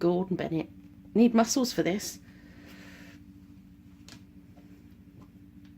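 A plastic safety-eye backing washer is forced onto the eye stem through the fabric of a doll's face. Someone talks at the start, followed by faint handling noise and small taps near 4.1 s and 5.7 s under a steady low hum. Nothing has seated or clicked yet.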